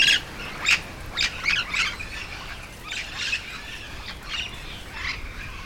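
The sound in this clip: Yellow-shouldered parrot uttering a series of short grating squawks in quick succession, strongest at the start and fading over the following seconds.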